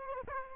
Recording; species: mosquito wingbeat signal from an infrared sensor; Aedes albopictus